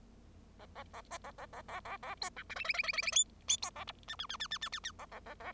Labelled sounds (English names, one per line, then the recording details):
Bengalese Finch song
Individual Bird0